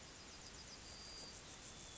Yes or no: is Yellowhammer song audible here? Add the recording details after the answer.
yes. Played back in forest. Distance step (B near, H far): H. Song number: 112